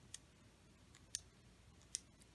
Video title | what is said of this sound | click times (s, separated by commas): LOWSPEC Spectrometer - Part 1 - 3D Printing | screw a spring and a little steel ball in there so if you can hear that clicks | 0.1 s, 1.1 s, 2.0 s